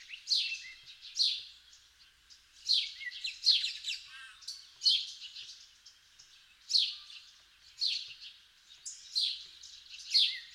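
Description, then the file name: House sparrow chirps, bright, slightly harsh high notes repeated in irregular bursts. "Passer domesticus"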